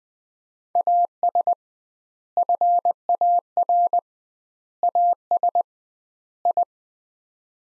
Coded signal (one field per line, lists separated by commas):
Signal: Morse code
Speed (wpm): 20 wpm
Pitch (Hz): 700 Hz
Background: none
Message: AS FAR AS I